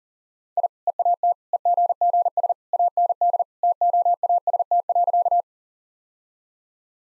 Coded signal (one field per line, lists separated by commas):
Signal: Morse code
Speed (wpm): 40 wpm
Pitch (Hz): 700 Hz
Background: none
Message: I EAT EGGS AND TOAST.